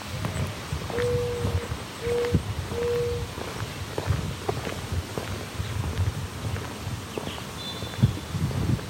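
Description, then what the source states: Mourning Dove cooing, three low, steady, hollow notes in the first few seconds, over footsteps and rustling with faint bird chirps. Cooing loudly, heard during a walk.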